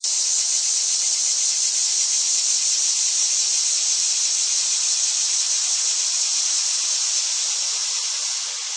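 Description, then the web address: Cicadas droning in a continuous, dense, high-pitched buzz that holds steady throughout, with a slight pulsing texture and a small drop in loudness near the end. "SFXSource AOS Cicadas"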